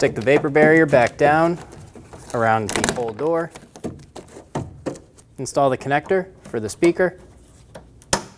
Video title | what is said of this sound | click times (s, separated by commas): How to Replace Front Window Regulator 2008-2015 Scion xB | Push until you hear a click. Give it a pull. Make sure it's locked on. | 8.1 s